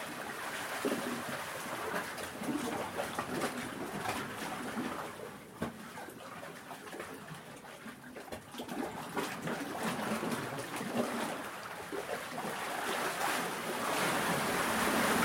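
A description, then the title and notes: Sea water swirls and washes around rocks, a dense, continuous hiss with rising surges, loudest near the end and briefly easing mid-clip. Waves swooshing and swirling around rocky outcrops of a rugged Gower coastline. Recorded and presented by Hannah Tribe. The sea swirling on a rocky shore.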